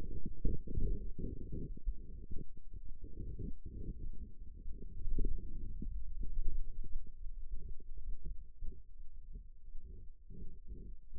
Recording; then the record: forearm muscle sounds (acoustic myography)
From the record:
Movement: inward rotation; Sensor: system 2, bracelet of six BSWA MPA416 microphones around the upper forearm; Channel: 1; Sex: male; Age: 22 years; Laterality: right